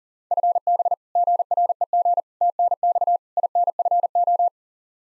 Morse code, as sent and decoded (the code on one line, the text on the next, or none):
..-. -... / --. .-. . --. / - -. -..- / .. -. ..-. ---
FB GREG TNX INFO